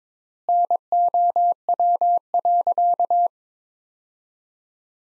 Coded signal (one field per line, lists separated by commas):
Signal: Morse code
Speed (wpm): 22 wpm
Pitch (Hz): 700 Hz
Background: none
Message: NOW.